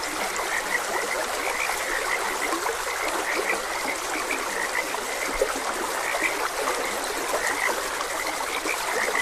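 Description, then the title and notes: Continuous frog chorus, high chirpy croaks repeating throughout while a stream runs steadily underneath. Frogs croaking beside a gentle stream. "Gentle Stream and Frogs Croaking. Sleep and Relaxation Podcast"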